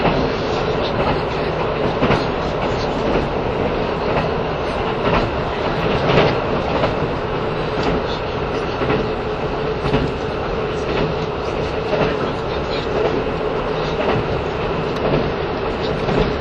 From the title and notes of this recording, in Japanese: 1021,キハ85系 ひだ01号02 (飛騨金山)～飛騨古川。走行音(音の旅) 1021,キハ85系 ひだ01号。